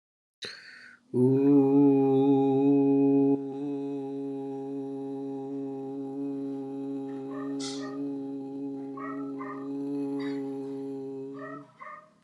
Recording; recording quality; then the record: sustained vowel as in boot; moderate, slight background noise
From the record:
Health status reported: exposed to COVID-19, no respiratory illness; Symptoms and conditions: cough, cold, breathing difficulty, sore throat, fever, fatigue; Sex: male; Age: 31 years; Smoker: no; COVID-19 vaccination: both doses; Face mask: not worn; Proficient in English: yes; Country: India